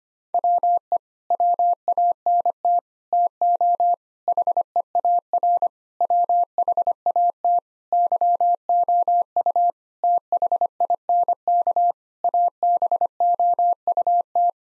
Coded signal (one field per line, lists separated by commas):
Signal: Morse code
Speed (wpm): 25 wpm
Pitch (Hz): 700 Hz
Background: none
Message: WE WANT TO HEAR WHAT YOU THINK ABOUT